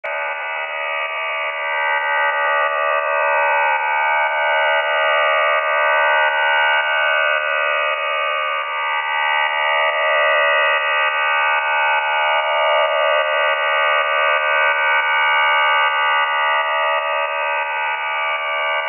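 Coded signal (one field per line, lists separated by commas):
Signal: HF data modem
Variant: Q26 multi-tone QPSK modem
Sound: steady dense buzzing chord of many tones, continuous warbling hiss throughout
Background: radio static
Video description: Chinese digital numbers station Q26 digital counterpart to V26 operates on LSB, described as DPRC QPSK 4 by 4 MODEM.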